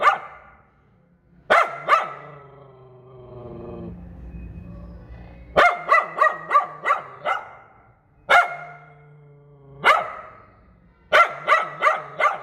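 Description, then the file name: Poodle barking in brisk runs of sharp yaps, a quiet whimpering stretch early on, then longer rapid bursts of several barks. "Tieng cho poodle sua"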